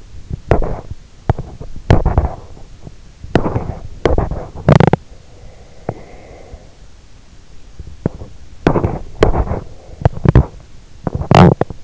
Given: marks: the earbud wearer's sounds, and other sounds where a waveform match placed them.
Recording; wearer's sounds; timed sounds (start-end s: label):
sounds in sleep by an in-ear microphone; teeth grinding, breath
0.33-5.18 s: teeth grinding
5.18-6.91 s: breath
5.73-6.07 s: teeth grinding
7.55-11.84 s: teeth grinding